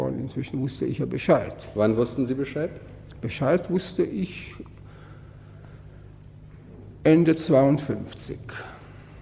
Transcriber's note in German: none